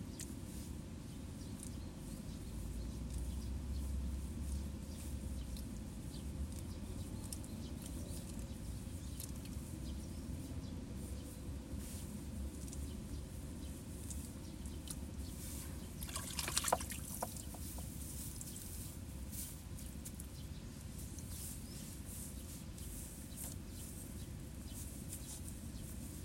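Water trickles and sloshes steadily in a rice paddy under a low constant rumble, with faint chirps and a brief splashing burst near sixteen seconds.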